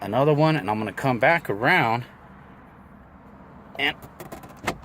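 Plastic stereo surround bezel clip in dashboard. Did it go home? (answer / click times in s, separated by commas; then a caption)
released / 4.7 s. Someone talks while working on the plastic stereo surround bezel in a Honda Civic dashboard, which has been pried with a flathead screwdriver and is then pulled. After a quiet stretch with a few soft handling noises, a sharp click at 4.7 s marks the bezel's clip popping free, releasing the trim.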